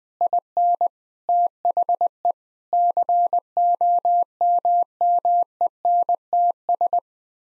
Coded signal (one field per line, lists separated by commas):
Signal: Morse code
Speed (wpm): 20 wpm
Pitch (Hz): 700 Hz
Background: none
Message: IN THE COMMENTS